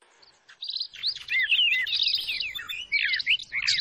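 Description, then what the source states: Bar-winged prinia calls: rapid, high, thin chirps and short downslurred twitters in a busy, overlapping stream after a brief quiet start, with a faint low rumble underneath. Noisy small-bird calls used as a lure to attract wild birds.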